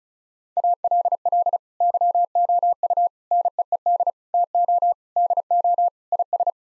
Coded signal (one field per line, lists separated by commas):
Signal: Morse code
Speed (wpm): 34 wpm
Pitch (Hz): 700 Hz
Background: none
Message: ALL YOU NEED TO DO IS